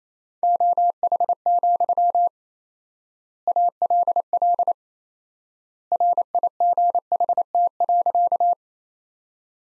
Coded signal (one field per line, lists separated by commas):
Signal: Morse code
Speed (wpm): 27 wpm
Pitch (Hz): 700 Hz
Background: none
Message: OH, ALL RIGHT.